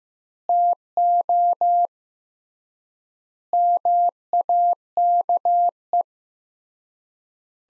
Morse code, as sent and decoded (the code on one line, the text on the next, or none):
- --- / -- .- -.- .
TO MAKE